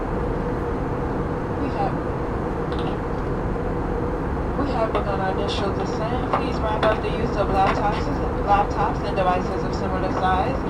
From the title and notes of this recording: Full Flight From Ft.Lauderdale To San Juan, Puerto Rico. Ambient Sounds, Talking Sounds, White Noise, Plane Sounds, Flight Sounds, Flight Announcements, Chatting, Engine Sounds, Mechanical Sounds.